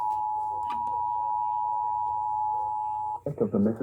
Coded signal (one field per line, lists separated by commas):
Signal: Emergency Alert System (SAME) tones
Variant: 853 and 960 Hz attention tone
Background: speech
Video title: (EAS #214-224) Required Monthly tests from 3/7/2022